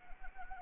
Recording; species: mosquito wingbeat signal from an infrared sensor; Anopheles arabiensis